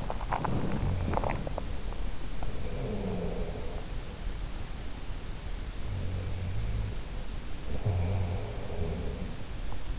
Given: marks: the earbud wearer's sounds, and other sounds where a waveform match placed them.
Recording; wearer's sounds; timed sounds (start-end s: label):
sounds in sleep by an in-ear microphone; teeth grinding
0.00-1.80 s: teeth grinding
2.44-4.16 s: sound from someone else or the room
5.75-9.96 s: sound from someone else or the room